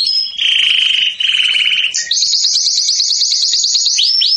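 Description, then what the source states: Domestic canary singing two lower rolling trills, then jumping to a higher rapid trill and closing with two rising swept notes. Domestic canary singing in the Persian rasmi song style.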